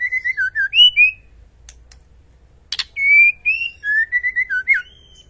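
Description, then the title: White-rumped shama song, liquid whistled notes sliding up and down in quick series, broken by a sharp crackling click burst midway. White-rumped shama song from a masteran training track for cage birds; full rolling song with shooting phrases. "Masteran Murai Batu Full Ngerol Nembak"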